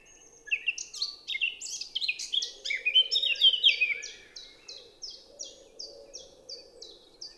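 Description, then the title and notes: Eurasian blackcap song opening with jumbled warbling, then a string of several evenly spaced, clear whistled notes; faint pigeon cooing low in the background. Recorded 10 April 2020 at Champs des Blas, Val Maravel, after the dawn chorus; single melodious singer; wood pigeon cooing behind; Nagra LB recorder, stereo omni MKH20 microphones. "Fauvette à tête noire (Sylvia atricapilla). Champs des Blas - Val Maravel"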